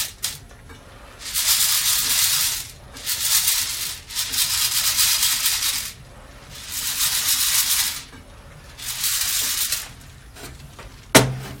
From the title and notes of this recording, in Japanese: 今朝は”グアテマラSHB”を焙煎。